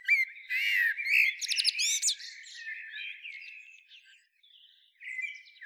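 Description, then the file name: Eurasian blackbird song: a dense burst of bright whistled and sharply rising chirps, then softer trailing twitters and one more short phrase at the end. "Turdus merula"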